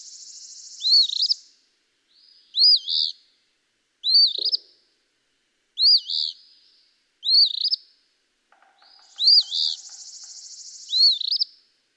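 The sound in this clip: Eastern phoebe repeating its scratchy fee-bee song seven times, interrupted by buzzy trills, one short low tick and a faint pulsing chatter.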